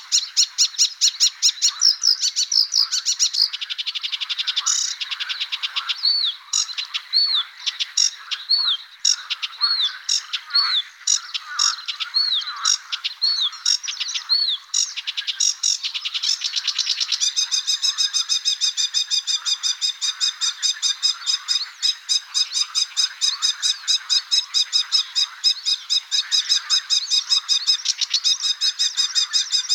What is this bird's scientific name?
Acrocephalus schoenobaenus